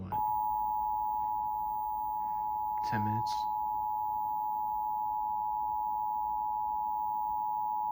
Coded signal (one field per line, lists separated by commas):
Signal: Emergency Alert System (SAME) tones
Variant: 853 and 960 Hz attention tone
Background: speech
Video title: Child Abduction Emergency | 2/23/2023 (EAS #783)